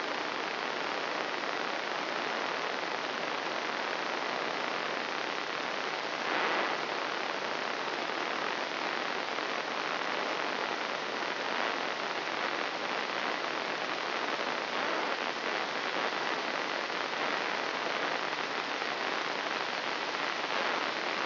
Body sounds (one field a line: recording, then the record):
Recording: brain microelectrode recording played as sound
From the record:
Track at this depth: inside the subthalamic nucleus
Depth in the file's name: 2.111 mm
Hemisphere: left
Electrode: 3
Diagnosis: Parkinson's disease